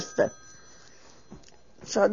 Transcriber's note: a telephone rings in the background